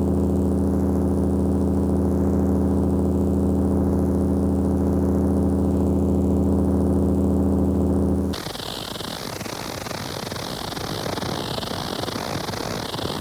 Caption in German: Machen Sie sich gleich selbst ein Bild davon, wie sich Ohrgeräusche anhören und stellen Sie sich vor, dass Sie sie ständig, vielleicht ein ganzes Leben lang hören müssen. Jetzt folgenden Geräusche sind mit einem Synthesizer, wie ein Phantombild der Polizei, nach den Auskünften der Betroffenen nachgestellt worden. Hören Sie nun Ohrgeräusche. Ihre Deutsche Tinnitusliga.